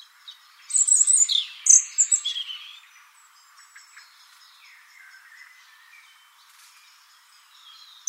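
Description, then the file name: European robin song: a burst of thin, high whistles and trills, some sliding downward, lasting about two seconds, then quiet with faint twittering. "Erithacus rubecula"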